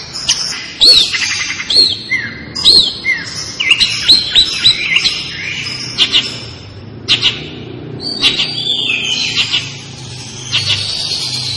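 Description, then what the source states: Long-tailed shrike song: a varied medley of high chirps, short whistles and quick down-slurred notes in uneven bursts, with brief pauses between phrases. Indonesian local name cendet; described as gacor, singing vigorously and continuously.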